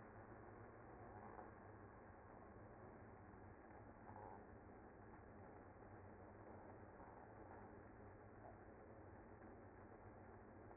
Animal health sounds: honeybee colony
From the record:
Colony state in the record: active

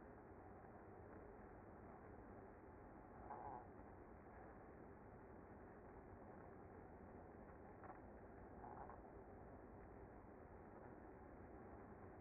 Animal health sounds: honeybee colony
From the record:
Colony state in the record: active

